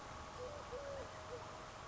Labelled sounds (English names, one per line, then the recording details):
Eurasian Collared Dove
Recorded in Sonoma County, California